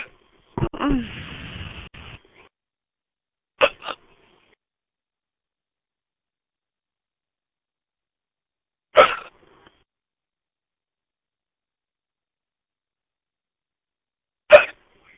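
An adult woman's persistent hiccups: after a brief vocal sound, abrupt, sharp catches recur about every five to six seconds, continuing even after an attempt to get rid of them did not work at all.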